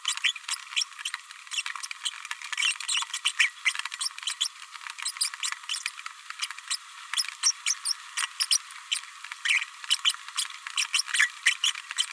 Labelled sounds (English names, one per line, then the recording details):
Green-rumped Parrotlet babbling
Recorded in a nest box in Venezuela
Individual 18B104A3